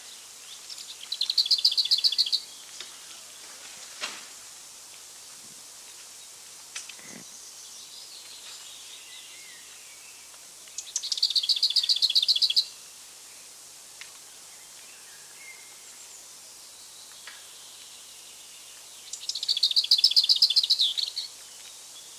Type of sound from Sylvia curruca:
song